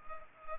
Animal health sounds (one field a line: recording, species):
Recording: mosquito wingbeat signal from an infrared sensor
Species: Culex pipiens